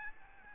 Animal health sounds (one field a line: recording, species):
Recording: mosquito wingbeat signal from an infrared sensor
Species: Aedes albopictus